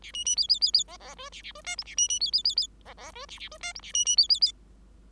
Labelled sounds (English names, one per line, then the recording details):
Bengalese Finch song
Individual Bird5